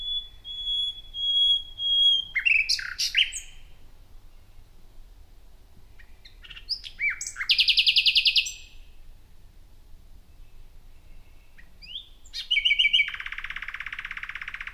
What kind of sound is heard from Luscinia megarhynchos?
song